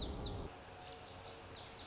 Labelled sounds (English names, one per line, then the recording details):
Lazuli Bunting
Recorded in Sonoma County, California